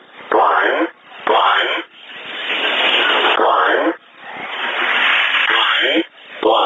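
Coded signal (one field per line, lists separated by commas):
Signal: numbers station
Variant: E07, English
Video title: 16 03 2019 E07 English Man Numbers station in English 0740 on 12112 unknown tx site in USB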